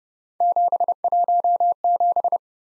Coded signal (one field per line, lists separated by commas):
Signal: Morse code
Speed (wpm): 30 wpm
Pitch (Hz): 700 Hz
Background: none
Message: 717